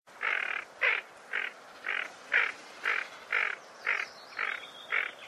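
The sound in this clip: Bird giving harsh, nasal calls repeated steadily about twice a second, ten notes in a row, with a faint higher chirp near the end.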